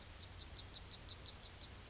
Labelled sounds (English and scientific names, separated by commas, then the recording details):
Yellowhammer (Emberiza citrinella) song
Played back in grassland
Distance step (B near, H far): D
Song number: 008